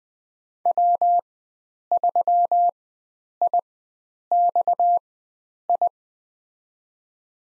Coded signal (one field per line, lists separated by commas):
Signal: Morse code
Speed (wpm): 20 wpm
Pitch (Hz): 700 Hz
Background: none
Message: W3IXI